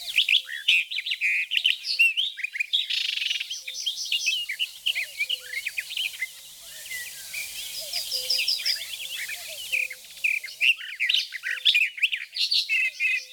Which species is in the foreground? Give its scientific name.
Sylvia nisoria